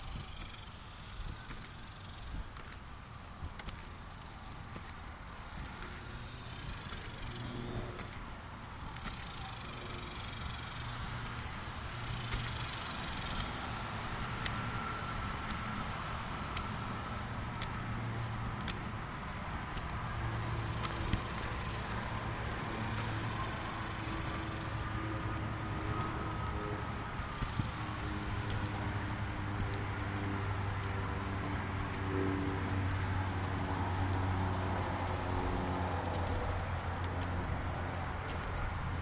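A lunchtime walk around the neighborhood, with a steady low hum of passing traffic throughout. Cars rise and fade in the background, while brief ticks and scuffs turn up now and then. Around the middle, a faint whine or tone drifts through.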